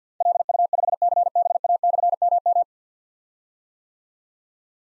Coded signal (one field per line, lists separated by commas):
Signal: Morse code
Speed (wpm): 52 wpm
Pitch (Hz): 700 Hz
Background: none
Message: LU5CBA/MM